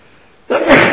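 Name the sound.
sneeze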